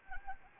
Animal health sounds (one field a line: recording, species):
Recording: mosquito wingbeat signal from an infrared sensor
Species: Anopheles arabiensis